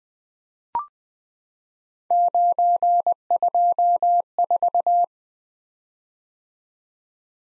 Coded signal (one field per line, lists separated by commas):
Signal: Morse code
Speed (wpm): 20 wpm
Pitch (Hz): 700 Hz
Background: none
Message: 924